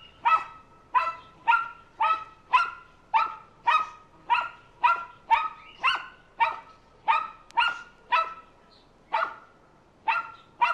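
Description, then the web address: Mammal giving many harsh barks in a steady, fast series that continues throughout, with one brief pause. "звери"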